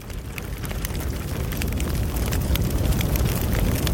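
A fire crackles steadily over a deep, continuous roar, with irregular sharp pops and snaps scattered throughout at an even loudness. No voices are heard.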